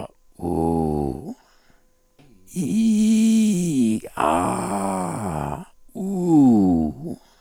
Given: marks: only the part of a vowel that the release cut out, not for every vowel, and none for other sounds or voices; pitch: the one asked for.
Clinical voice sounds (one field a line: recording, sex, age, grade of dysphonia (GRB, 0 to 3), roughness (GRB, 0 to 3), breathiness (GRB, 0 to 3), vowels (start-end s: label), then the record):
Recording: sustained vowels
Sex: male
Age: 50 to 59 years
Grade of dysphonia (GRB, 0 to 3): 3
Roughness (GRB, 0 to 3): 3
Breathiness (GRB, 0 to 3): 1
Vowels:
0.53-1.07 s: vowel /u/, low pitch
2.75-3.85 s: vowel /i/, low-high-low pitch
4.27-5.38 s: vowel /a/, low-high-low pitch
6.03-6.86 s: vowel /u/, low-high-low pitch
From the record:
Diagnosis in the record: cordectomy, ventricular fold phonation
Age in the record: 55 years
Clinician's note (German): Zustand nach Chordektomie, beginnende Taschenfaltenstimme